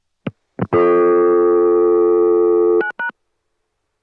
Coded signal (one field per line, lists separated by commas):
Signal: telephone call progress tone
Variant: North America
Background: music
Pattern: dial tone